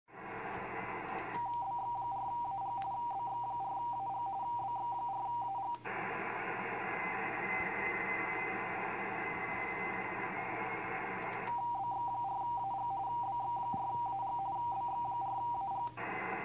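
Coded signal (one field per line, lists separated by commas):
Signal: RTTY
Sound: rapid warbling two-tone teletype chatter, interrupted twice by loud stretches of static hiss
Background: radio static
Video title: VK9MT -- Mellish Reef 15M RTTY de BX4AG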